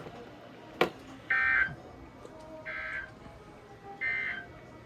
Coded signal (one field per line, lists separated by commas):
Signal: Emergency Alert System (SAME) tones